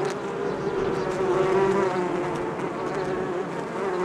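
Bees buzzing as a dense, continuous hum, a steady drone throughout.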